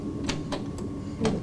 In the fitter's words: That's the lock. Hear the click, click of the lock?